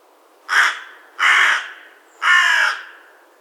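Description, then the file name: Carrion crow giving three loud, rasping caws, spaced less than a second apart. "Corvus corone"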